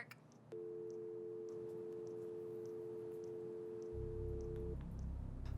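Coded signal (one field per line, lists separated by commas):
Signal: telephone call progress tone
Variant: North America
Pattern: dial tone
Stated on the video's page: Part of a sci-fi short film.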